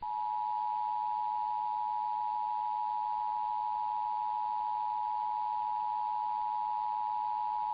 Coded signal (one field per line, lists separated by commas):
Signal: Emergency Alert System (SAME) tones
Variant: 853 and 960 Hz attention tone